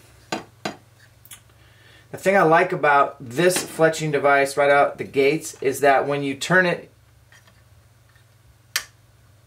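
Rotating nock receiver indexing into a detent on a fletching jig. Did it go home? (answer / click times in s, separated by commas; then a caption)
yes / 8.8 s. Someone talks while rotating the arrow and nock receiver on a stainless steel fletching jig to the next vane position, after a few light taps near the start. The receiver snaps into its indexed position with a sharp click at 8.8 s, seated firmly with no in-between state.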